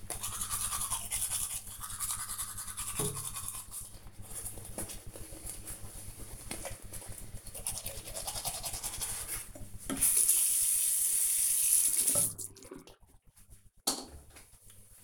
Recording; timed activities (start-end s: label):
household activities, microphone on the right wrist
0.00-12.35 s: brushing teeth